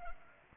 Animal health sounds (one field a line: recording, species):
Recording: mosquito wingbeat signal from an infrared sensor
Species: Culex pipiens